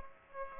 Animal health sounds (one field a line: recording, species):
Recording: mosquito wingbeat signal from an infrared sensor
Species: Aedes aegypti